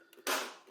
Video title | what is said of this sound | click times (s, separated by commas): Playstation 5 (PS5) Cover (Cosmic Red) Unboxing and Install | boom easy peasy lemon squeezy it clicked loud and it clicked fast | 0.3 s